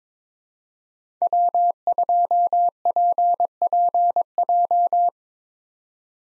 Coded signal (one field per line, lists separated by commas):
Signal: Morse code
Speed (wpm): 22 wpm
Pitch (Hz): 700 Hz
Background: none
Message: W2PPJ